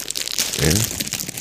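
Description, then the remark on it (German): A plastic bag of crackers crinkles and rustles as it is torn open, a steady crackly noise throughout with a brief voiced sound in the middle. “Ich reiß jetzt mal hier so eine Tüte Cracker auf.”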